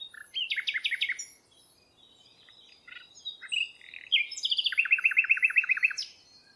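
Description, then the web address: Bird calling in quick bursts of bright, high chirps, then a short pause and a fast, even run of repeated sharp notes. "Bird Only"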